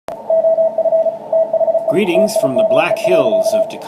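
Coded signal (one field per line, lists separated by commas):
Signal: Morse code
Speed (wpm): 34 wpm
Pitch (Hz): 650 Hz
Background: speech, radio noise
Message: OF THE TIME.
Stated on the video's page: Off-air HF reception in the afternoon on 20 through 10 meters, bands open, including a contact with Chile.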